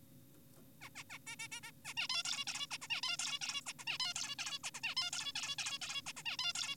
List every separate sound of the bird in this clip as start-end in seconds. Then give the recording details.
0.81-0.89, 0.96-1.04, 1.10-1.18, 1.27-1.36, 1.40-1.48, 1.52-1.60, 1.63-1.72, 1.85-1.94, 1.97-2.08, 2.10-2.23, 2.25-2.45, 2.47-2.67, 2.71-2.78, 2.82-2.88, 2.90-3.01, 3.03-3.17, 3.19-3.39, 3.42-3.61, 3.66-3.73, 3.79-3.85, 3.87-3.98, 4.00-4.14, 4.16-4.35, 4.39-4.59, 4.64-4.71, 4.74-4.80, 4.83-4.95, 4.97-5.11, 5.13-5.33, 5.36-5.56, 5.58-5.78, 5.82-6.02, 6.06-6.13, 6.17-6.23, 6.26-6.37, 6.39-6.53, 6.55-6.75. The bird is an adult. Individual g4p5U